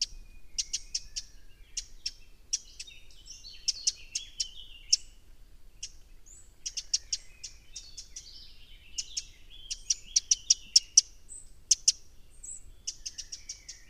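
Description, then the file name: Eurasian wren giving hard, high ticking notes in irregular rapid bursts, with softer chirps mixed in. "Troglodytes troglodytes"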